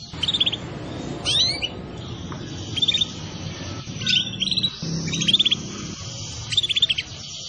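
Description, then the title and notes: Atlantic canary producing scattered high chirped trills and a couple of sweeping notes, spaced irregularly, with a low hum underneath. Song used to lure birds. "Pikat Burung Baru. kenari"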